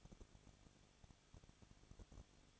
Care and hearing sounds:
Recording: daily activity, microphone in the room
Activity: no activity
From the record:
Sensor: 4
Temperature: 23.0 degrees Celsius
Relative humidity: 34.1%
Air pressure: 1007.3 hPa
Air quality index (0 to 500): 214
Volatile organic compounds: 14 ppm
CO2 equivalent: 2468 ppm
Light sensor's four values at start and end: 2/3/1/1 and 2/3/1/1

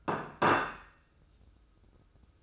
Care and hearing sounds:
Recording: daily activity, microphone in the room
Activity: place plate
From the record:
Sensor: 2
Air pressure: 995.1 hPa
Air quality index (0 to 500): 58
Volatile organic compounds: 1 ppm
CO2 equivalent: 965 ppm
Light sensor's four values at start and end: 14/46/18/17 and 14/47/18/17

